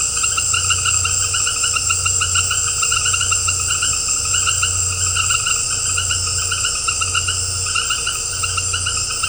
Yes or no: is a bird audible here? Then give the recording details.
no. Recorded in dense forest near Puerto Asís, Putumayo, Colombia, on 13 March 2025 at 18:30. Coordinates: 0.468, -76.322. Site GP01